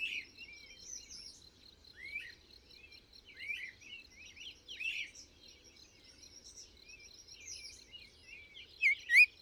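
Bird song of scattered high twitters and chirps over a steady ticking note, ending with a few loud sharp calls.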